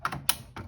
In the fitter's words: donc quand on entend le petit clips c'est bon il est bien branché